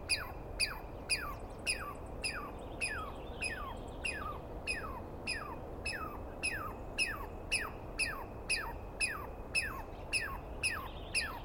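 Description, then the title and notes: Douglas squirrel repeating harsh, falling screeches roughly twice a second, each with a sharp clicking onset, continuing without pause over low ambient rumble. Squirrel screaming at length at dawn on 21 April 2017 in the East Cascades; identified by its sound, not seen well. "Interview With The Chipmunk. On the morning of 21 April, 2017, I set up my microphones and recorder for a nice dawn recording in the East Cascades. I was started awake by a screaming Douglas Pine Squirrel"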